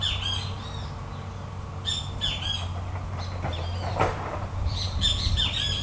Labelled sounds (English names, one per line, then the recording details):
Great Kiskadee
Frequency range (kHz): Great Kiskadee 1.4-14.8 kHz
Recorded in forest near Pivijay, Magdalena, Colombia, on 1 June 2023 at 12:30
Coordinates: 10.467, -74.380
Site Z5-G034